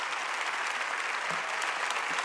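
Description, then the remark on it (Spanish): A church audience bursts into sustained applause for the Lord Jesus, a dense, steady wash of many hands clapping at once with no pauses, loud and continuous for the whole stretch. “Dale un fuerte aplauso a nuestro Señor Jesús, por favor, el más grande que tengas.”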